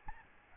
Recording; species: mosquito wingbeat signal from an infrared sensor; Aedes albopictus